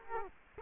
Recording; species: mosquito wingbeat signal from an infrared sensor; Culex quinquefasciatus